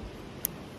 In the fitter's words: So I really like the audible click. Really lets me know that the bail is locked back.